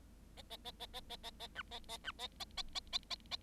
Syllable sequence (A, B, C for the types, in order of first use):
A A A A A A A A B A A B A A A A A A A